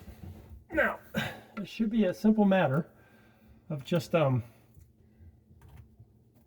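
A sprayer hose end is lined up with the fitting of a Moen kitchen faucet before being pushed in until the o-ring seats, while someone talks. Only faint handling noise is heard, with a small tap near 5.6 s. Nothing has seated or clicked yet.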